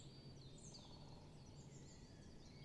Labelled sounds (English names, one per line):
Great Spotted Woodpecker